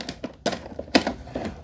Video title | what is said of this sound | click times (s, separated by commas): HOW TO CLEAN and REPLACE Filters & Brushes for the iRobot Roomba | Rotate it. It'll pop into place. | 0.5 s, 1.0 s